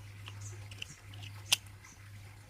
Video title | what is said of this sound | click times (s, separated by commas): Gopro 📷🎥- Gopro Hero10 -🔥 moto vlog - tamil - ride #bike - TN32 Rider | அப்படியே ஒரு press பண்ணால் ஆட்டோமேட்டிக்காக லாக் ஆகிடும். | 1.5 s